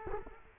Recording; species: mosquito wingbeat signal from an infrared sensor; Culex quinquefasciatus